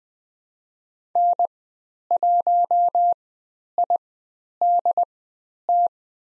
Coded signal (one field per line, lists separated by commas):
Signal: Morse code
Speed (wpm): 20 wpm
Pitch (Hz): 700 Hz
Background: none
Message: N1IDT